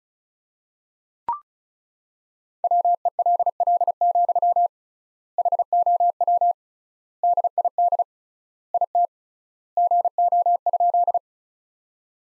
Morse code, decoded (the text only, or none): WELL, HOW DID IT GO?